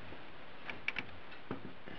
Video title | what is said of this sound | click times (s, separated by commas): How to Speed Up Your Computer Part 4- Hardware Upgrades and Maintenance | hold on no clicky it's in the right way oh dust | none